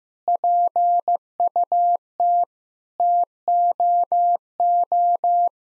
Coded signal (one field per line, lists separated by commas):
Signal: Morse code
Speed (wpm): 15 wpm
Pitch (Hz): 700 Hz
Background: none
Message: PUT TOO